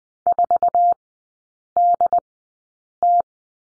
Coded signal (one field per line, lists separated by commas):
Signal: Morse code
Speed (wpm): 20 wpm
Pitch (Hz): 700 Hz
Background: none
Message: 4DT